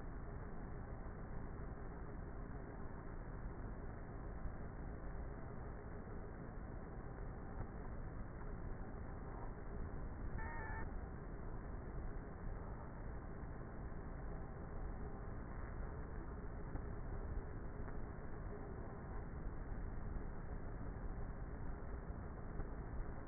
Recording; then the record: honeybee colony, microphone inside the hive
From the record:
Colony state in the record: queenless with a low population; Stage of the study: before two queens were removed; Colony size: about 30,000 bees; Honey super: no